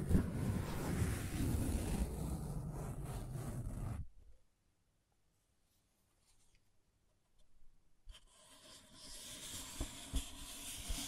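Scratching and tracing fill the first four seconds with a dense, rough rasp, loud and full from low to bright. It stops abruptly into near silence with faint ticks, then at about eight seconds a lighter, airier scraping returns with small scattered clicks.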